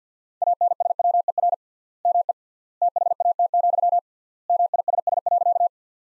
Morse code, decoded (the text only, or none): ANSWER ME THAT, MISS.